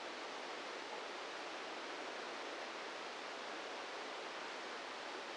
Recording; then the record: brain microelectrode recording played as sound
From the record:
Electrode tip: inside the subthalamic nucleus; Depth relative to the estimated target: -1 mm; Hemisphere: left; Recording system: NeuroSet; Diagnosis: Parkinson's disease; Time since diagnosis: 8 years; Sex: male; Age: 46 years